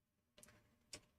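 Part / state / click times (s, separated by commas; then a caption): Allen-head screw in a 3D printer frame / stripped / 0.4 s, 0.9 s. With the cover out of the way, an Allen-head screw in a CR10 3D printer frame is worked with a driver, giving sharp clicks at 0.4, 0.4 and 0.9 seconds over a quiet background. The screw's Allen head ends up stripped out.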